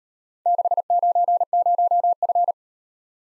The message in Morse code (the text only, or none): 690F